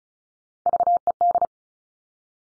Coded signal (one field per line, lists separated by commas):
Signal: Morse code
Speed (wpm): 36 wpm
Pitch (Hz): 700 Hz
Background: none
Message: VED